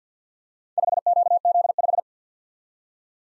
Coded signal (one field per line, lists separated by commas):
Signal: Morse code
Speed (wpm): 52 wpm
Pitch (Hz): 700 Hz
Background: none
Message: 5QZ5